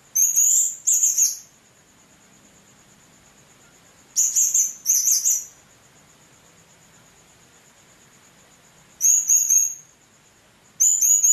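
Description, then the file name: Blue-crowned hanging parrot making paired shrill, buzzy notes, repeated in several bouts, with a steady faint high whine between. "serindit"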